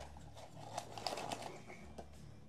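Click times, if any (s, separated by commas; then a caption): 1.1 s. A small plastic accessory piece is pressed onto a collectible vinyl figure, with light handling rustles before a sharp, short snap at 1.1 s as it clips on and seats. No one talks in this stretch.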